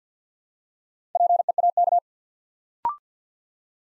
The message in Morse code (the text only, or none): PEAK